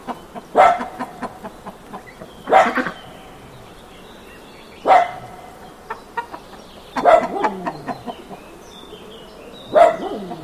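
Chicken calls in five separate bursts a couple of seconds apart, each a brief harmonic cluck with scattered clicks, over a quiet background.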